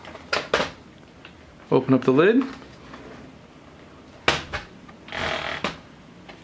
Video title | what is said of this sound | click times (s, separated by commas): LED Replacement for Acer Aspire 5742Z | around so you kind of feel give a bit and if you just keep popping it you'll hear the little snaps | 0.3 s, 0.5 s